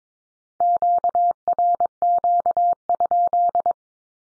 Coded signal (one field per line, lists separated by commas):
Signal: Morse code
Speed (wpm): 22 wpm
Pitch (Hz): 700 Hz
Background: none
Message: QRQ?